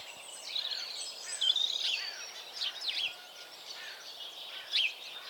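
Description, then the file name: House sparrow chirping in a busy, overlapping chatter of high, scratchy notes, with several brighter chirps standing out early and near the end. "Passer domesticus"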